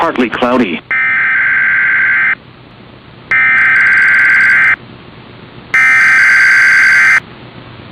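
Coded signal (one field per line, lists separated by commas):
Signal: Emergency Alert System (SAME) tones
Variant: header bursts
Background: speech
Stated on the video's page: Required weekly test on NOAA Weather Radio, taken from an online stream of the station.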